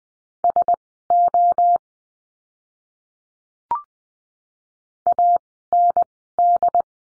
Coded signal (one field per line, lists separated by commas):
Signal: Morse code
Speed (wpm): 20 wpm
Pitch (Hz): 700 Hz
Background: none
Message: SO AND